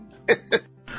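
Two short, sharp cough bursts in quick succession from an adult reported to be ill, a plain voluntary cough given on request.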